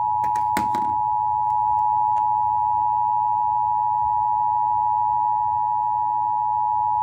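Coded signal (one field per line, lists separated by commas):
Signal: Emergency Alert System (SAME) tones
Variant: 853 and 960 Hz attention tone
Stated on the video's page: Severe thunderstorm warning received on FM radio and TV, with NOAA Weather Radio stations KIH38 Jackson and KJY83 Carthage.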